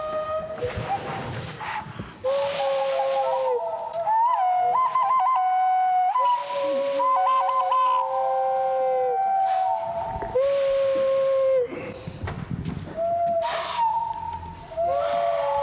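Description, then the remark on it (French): A handmade pottery whistle blows loudly right up at the microphone in several long, breathy blasts, its steady tones stepping and sliding between pitches over a rushing hiss, with brief gaps between blows. “peut-être que tu peux rapprocher le micro que tu as d'un des sifflets.”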